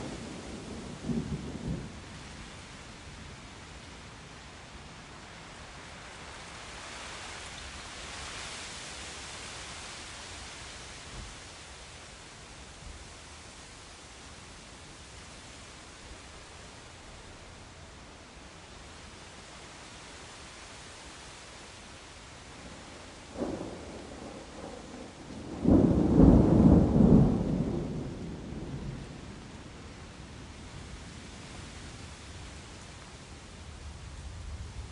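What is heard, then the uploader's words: Steady rain hisses throughout a thunderstorm, an even wash of sound that swells slightly around eight seconds. Low thunder rumbles briefly at the start, again near twenty-three seconds, and then breaks into a loud, heavy roll around twenty-six to twenty-eight seconds before fading back. Thunderstorm sounds, thunder sounds, rain sounds. Stormy weather sounds, peaceful rain noises.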